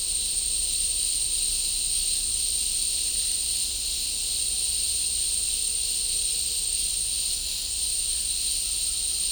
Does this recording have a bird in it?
no